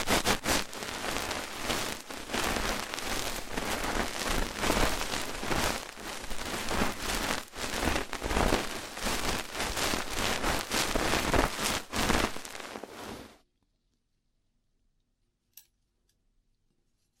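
Rough ear cleaning makes a dense, crackling rasp that scrapes on without pause, full of sharp little pops and louder bursts, much like heavy rain on a surface. At about thirteen seconds it stops abruptly, leaving near silence broken by one faint click.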